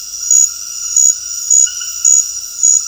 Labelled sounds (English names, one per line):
none